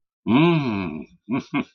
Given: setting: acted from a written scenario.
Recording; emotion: vocal sound without words; elation